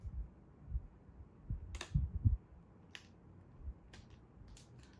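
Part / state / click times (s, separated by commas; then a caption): metal twist-lock clasp on a leather flap handbag / not seated / none. A metal twist-lock clasp on a replica leather flap handbag is turned several times, giving faint, light metallic ticks around 1.8, 3.0, 3.9 and 4.6 seconds over a low background rumble. The lock turns too easily and no firm, proper click is heard, unlike the authentic one.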